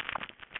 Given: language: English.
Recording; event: throat vibration sensor signal played as sound; swallow